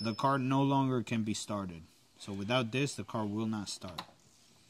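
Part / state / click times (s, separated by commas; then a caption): negative battery quick disconnect plug into its socket / not seated / none. A quick-release negative battery disconnect plug on a 2004 Lamborghini Murciélago is being handled near its socket, having just been popped out so the car cannot be started. Someone talks throughout and no distinct mechanical sounds stand out. The plug has not yet been pushed back in, so nothing has seated or clicked yet.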